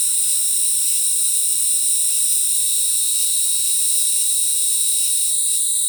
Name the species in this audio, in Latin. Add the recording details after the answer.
none. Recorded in forest near Pivijay, Magdalena, Colombia, on 15 April 2023 at 08:30. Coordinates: 10.467, -74.380. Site Z5-G034